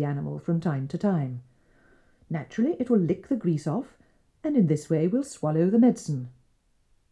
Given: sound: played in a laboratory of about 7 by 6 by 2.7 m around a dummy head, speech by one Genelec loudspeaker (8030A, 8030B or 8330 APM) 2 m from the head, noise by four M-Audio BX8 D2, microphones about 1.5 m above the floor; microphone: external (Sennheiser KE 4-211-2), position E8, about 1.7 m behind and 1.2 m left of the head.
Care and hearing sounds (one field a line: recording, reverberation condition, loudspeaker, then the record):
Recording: female speech in English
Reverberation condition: low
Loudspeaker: 150 degrees to the left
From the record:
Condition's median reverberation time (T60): about 310 ms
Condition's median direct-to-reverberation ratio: about 3.5 dB